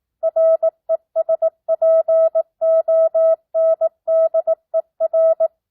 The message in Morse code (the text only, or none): RESPONDER